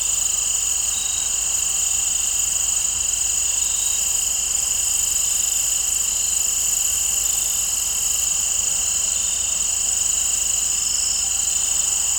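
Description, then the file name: Cricket chorus, an unbroken high-pitched shimmering trill, with a few brief faint notes scattered through it. In an open field. "Crickets and Birds In an Open Field"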